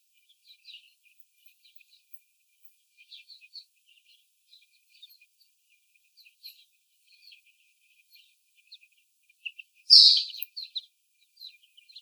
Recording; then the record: young laying hens in a cage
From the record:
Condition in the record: before the stressor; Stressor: sudden umbrella opening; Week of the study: 3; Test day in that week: 2